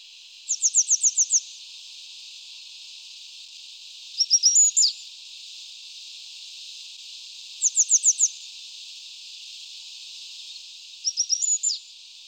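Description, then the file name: Grey wagtail giving bursts of five or six rapid high ticking notes, alternating with a short slurred phrase, roughly every three to four seconds over a constant hiss. "Gebirgsstelze"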